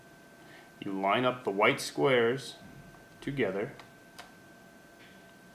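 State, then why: Not seated. An interchangeable lens is lined up by its white square against the white square on a Canon crop-sensor camera body mount, before being turned clockwise to lock. Someone talks over faint, brief ticks of handling. Nothing has clicked or seated yet.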